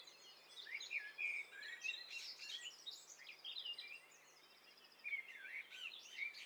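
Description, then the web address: Birds chorus at once, mixing sharp chirps, whistled notes and rapid high trills that overlap continuously, with a short lull past the middle. Several birds calling at once, in stereo. "Hi Fi STEREO BIRD COCKTAIL PARTY Challenge"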